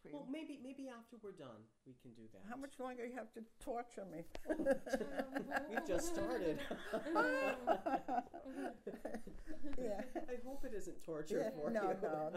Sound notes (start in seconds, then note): 4.5 laughs; 6.6 laughter; 11.8 laughs